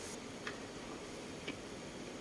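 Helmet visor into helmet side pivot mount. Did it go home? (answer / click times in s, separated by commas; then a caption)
yes / 0.5 s, 1.5 s. The plastic visor of an EVO XR carbon helmet has its pin inserted into the hole in the helmet's side pivot mechanism and pushed in. Two soft, short ticks are heard at 0.5 s and 1.5 s. The visor clicks into place and is locked on the side pivot mount.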